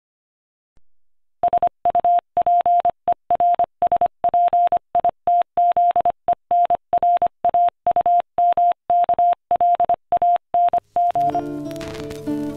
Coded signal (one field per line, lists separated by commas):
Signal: Morse code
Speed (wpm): 25 wpm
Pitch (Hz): 700 Hz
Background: music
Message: SUPERSPITZENRAUMKLANG